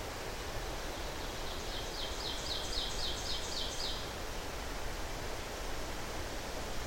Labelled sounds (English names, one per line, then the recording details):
Ovenbird song
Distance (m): 55 m
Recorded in boreal forest in Alberta, Canada, on 12 June 2016 at 08:54
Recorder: SongMeter 3, array SBT-3-18
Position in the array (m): 90 m, 293 m
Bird 32